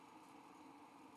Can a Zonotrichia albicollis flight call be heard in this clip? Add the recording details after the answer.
no. No flight call is heard. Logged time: 10:12 on 5 December 2014